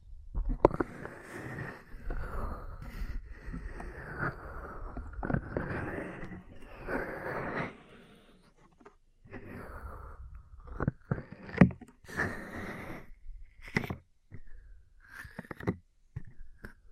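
Ear cleaning and massage sounds: soft rubbing and brushing strokes run in swells through the first eight seconds, then a short pause. After that come sharp taps and clicks at irregular moments, mixed with brief rustles, with louder hits near twelve and fourteen seconds.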